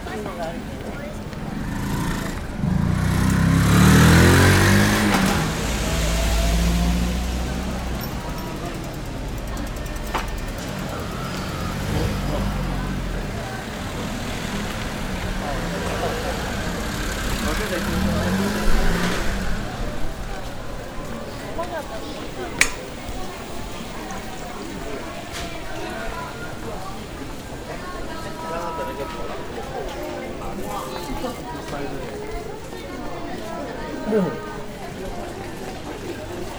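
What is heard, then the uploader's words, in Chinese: Nishiki Market in Kyoto: a steady murmur of voices and footsteps fills the whole recording. A deep rumbling swell, like a vehicle moving past, peaks around the fourth to seventh second, and scattered clicks and knocks break through, with one sharp tap near 22 seconds. 京都锦市场。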